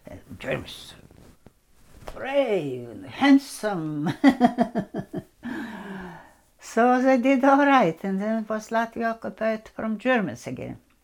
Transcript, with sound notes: And German soldiers were brave and handsome. (she laughs) So they did all right. And then was Latvia occupied from Germans again.